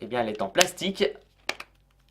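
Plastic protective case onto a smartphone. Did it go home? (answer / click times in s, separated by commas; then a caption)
yes / 1.5 s. Someone talks, then a plastic protective case supplied with a Huawei Mate 10 lite smartphone is snapped onto the phone with a sharp click at 1.5 s, followed by a softer tick at about 1.6 s and faint rustling. The case clips on and seats well.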